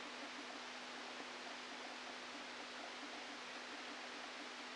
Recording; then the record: brain microelectrode recording played as sound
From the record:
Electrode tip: outside the subthalamic nucleus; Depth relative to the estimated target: 3 mm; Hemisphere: left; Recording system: NeuroSet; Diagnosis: Parkinson's disease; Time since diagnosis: 13 years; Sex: male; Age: 49 years